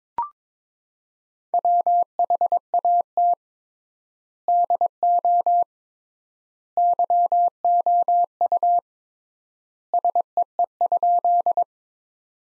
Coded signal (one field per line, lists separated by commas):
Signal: Morse code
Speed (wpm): 22 wpm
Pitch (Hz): 700 Hz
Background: none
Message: WHAT DO YOU SEE?